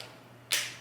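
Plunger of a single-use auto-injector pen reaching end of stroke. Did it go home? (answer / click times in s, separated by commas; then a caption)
yes / 0.5 s. A single-use auto-injector pen held against the belly gives its second click at 0.5 s as the plunger reaches the end of its stroke, a sharp high-pitched snap over faint background hiss. This second click marks the end of the dose: the gray plunger shows in the clear window and the injection is complete.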